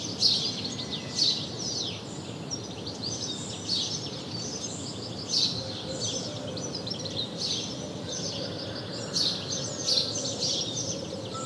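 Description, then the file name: House sparrow chirping in irregular clusters of short notes, over continuous low background noise. "Passer domesticus"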